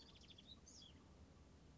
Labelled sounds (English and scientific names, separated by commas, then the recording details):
Bewick's Wren (Thryomanes bewickii)
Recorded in Sonoma County, California